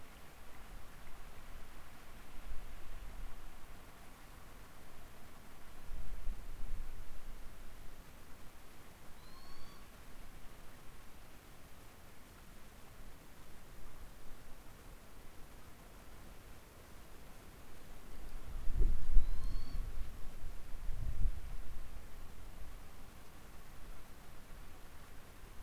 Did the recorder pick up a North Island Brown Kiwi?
no